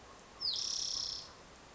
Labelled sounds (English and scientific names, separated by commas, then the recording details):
Spotted Towhee (Pipilo maculatus)
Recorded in Sonoma County, California